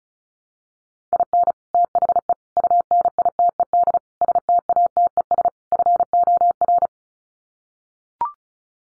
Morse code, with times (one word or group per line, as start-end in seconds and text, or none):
1.1-1.5 IN
1.7-2.3 THE
2.6-4.0 UNITED
4.2-5.5 STATES
5.7-6.9 FOR